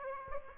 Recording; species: mosquito wingbeat signal from an infrared sensor; Aedes aegypti